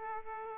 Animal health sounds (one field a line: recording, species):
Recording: mosquito wingbeat signal from an infrared sensor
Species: Aedes aegypti